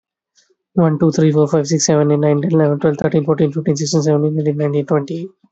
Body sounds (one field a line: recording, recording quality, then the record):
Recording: counting at a fast pace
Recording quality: excellent, no background noise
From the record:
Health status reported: healthy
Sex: male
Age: 23 years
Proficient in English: yes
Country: India